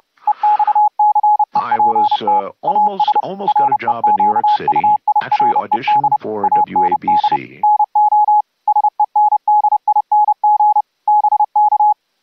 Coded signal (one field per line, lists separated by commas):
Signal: Morse code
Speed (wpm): 28 wpm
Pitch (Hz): 840 Hz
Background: speech, radio noise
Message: EXCEPT AS REQUIRED AND NO SENDING BK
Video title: UltraGrid audio over ip software for HAM RADIO remote RIG operations